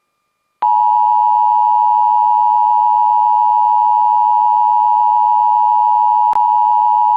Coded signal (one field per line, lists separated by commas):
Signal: Emergency Alert System (SAME) tones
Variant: 853 and 960 Hz attention tone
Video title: Severe Thunderstorm Warning In Ohio, [EAS #297] Read